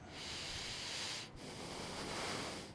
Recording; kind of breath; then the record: one breath in and out by a microphone near the nose and mouth; deep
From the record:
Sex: male